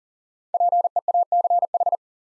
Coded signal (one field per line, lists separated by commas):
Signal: Morse code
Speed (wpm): 40 wpm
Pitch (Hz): 700 Hz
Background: none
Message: PEACH